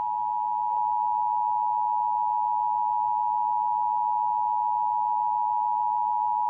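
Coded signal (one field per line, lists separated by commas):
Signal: Emergency Alert System (SAME) tones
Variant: 853 and 960 Hz attention tone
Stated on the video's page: Fictional EAS scenario for entertainment, simulated alert.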